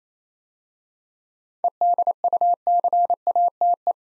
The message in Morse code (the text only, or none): EDUCATE